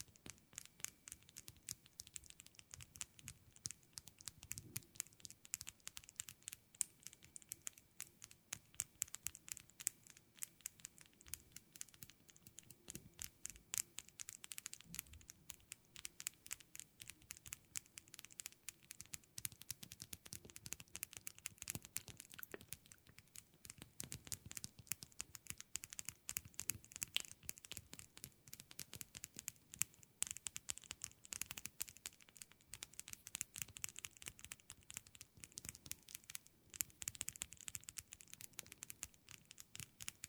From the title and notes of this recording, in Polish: ASMR Tapping Dźwięki uderzania paznokciami.